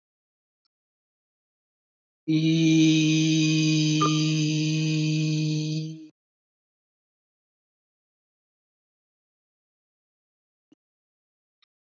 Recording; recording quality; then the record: sustained vowel as in beet; excellent, no background noise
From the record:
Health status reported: healthy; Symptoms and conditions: none ticked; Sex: male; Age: 70 years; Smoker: not ticked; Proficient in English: yes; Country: India